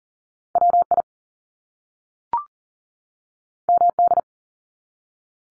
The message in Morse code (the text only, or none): WI MD